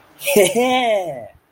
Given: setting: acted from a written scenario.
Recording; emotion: vocal sound without words; triumph